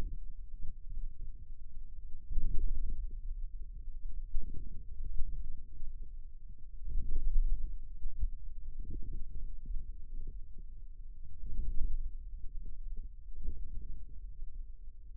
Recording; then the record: forearm muscle sounds (acoustic myography)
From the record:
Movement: ulnar deviation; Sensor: system 2, bracelet of six BSWA MPA416 microphones around the upper forearm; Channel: 2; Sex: male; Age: 22 years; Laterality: right